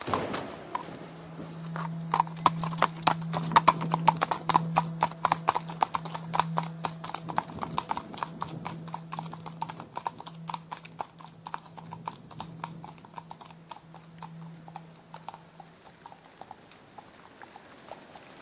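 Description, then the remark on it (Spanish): Horses' hooves clip-clop steadily as Rafael rides his horse Cuaco with some farmhands after a day of work, the sharp overlapping knocks of several horses forming a brisk, continuous rhythm over a low steady hum that fades near the end. “Rafael está cabalgando con algunos mozos después de un día de trabajo.”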